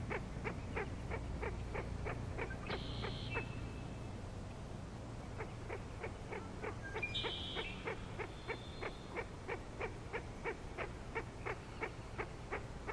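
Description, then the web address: Frogs calling in a chorus, a steady train of short clicking pulses about three per second, over a low rumbling background. Frog chorus tuning up on Grafton Lake, 3 May 2009. "The Frog Chorus Tunes Up On Grafton Lake"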